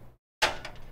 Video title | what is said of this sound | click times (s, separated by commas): Gaming PC Build | just gonna snap into place and that's | 0.7 s